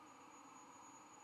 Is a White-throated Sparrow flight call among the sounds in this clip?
no